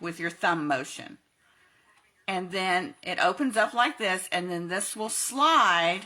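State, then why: Not seated. An ink pad lid in its plastic case is handled, opened with the thumb and about to slide toward its open position, while someone talks. Nothing has seated or clicked yet; the clip ends before the lid clicks into place.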